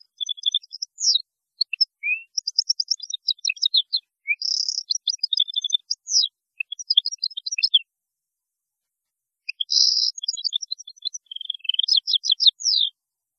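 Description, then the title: European goldfinch song, long bouts of rapid liquid twittering and buzzy trills, pausing briefly before a second bubbling phrase. "Chant Chardonneret"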